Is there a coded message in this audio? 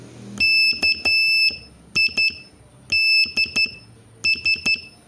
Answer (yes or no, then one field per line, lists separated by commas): yes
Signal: Morse code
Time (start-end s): 0.4-4.7 s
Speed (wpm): 11 wpm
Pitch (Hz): 2650 Hz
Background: none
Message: KIDS